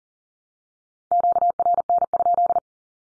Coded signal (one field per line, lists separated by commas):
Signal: Morse code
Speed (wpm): 40 wpm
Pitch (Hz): 700 Hz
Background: none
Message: QRN?